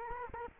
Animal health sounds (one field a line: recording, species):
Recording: mosquito wingbeat signal from an infrared sensor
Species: Culex quinquefasciatus